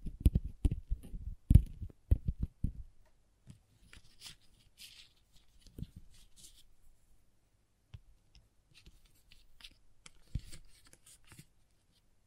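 Crayons tap in a quick run of sharp, low knocks during the first three seconds, then stop. After that come quieter, scattered scratches and scraping strokes, like carving or drawing, with a few stronger taps near six and ten seconds.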